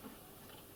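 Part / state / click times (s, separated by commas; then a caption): spring follower into detent slot of lathe tri-lever gear mechanism / not seated / none. A second spring follower on the tri-lever gear mechanism of a Myford ML7 lathe is backed off a full turn and released toward its steel detent slot. Only a steady, faint broadband hiss with low rumble is heard through the 0.8-second clip, with no sharp transients. Nothing has seated or clicked yet.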